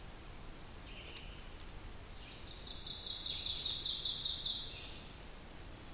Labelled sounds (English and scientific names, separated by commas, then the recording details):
Ovenbird (Seiurus aurocapilla) song
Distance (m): 35 m
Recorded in boreal forest in Alberta, Canada, on 2 June 2016 at 08:52
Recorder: SongMeter 3, array SBT-3-7
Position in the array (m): 213 m, 34 m
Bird 6